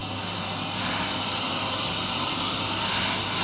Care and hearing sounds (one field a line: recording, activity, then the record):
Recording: daily activity, microphone in the room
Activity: vacuum cleaning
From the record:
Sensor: 2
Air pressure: 994.3 hPa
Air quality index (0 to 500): 213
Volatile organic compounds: 1000 ppm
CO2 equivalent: 7027 ppm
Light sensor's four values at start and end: 52/120/51/52 and 50/111/48/49